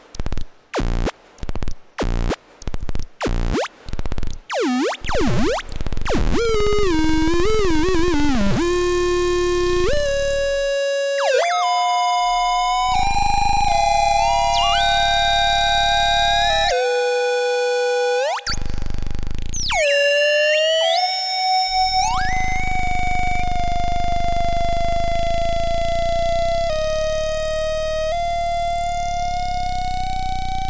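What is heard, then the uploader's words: No-input mixer feedback opens with rapid clicking bursts, then bright whistling tones that glide, jump and settle into sustained high pitches with a swooping sweep. Study for No-Input Mixer #7 (2023)- five voices with happy end. At Studio kHz on a vintage MACKIE 1604 mixing desk, patched as a no-input mixer. In this final piece I used 5 channels with internal audio feedback, controlled by faders and knobs with amazing resolution.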